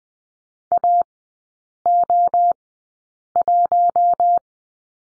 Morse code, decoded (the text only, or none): AO1